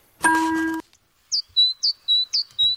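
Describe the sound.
Pine grosbeak calls, six clear high whistled notes, some downslurred, after a brief steady tonal sound at the start.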